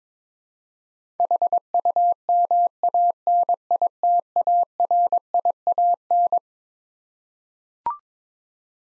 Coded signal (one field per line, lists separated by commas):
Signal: Morse code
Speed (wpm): 22 wpm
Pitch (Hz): 700 Hz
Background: none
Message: HUMANITARIAN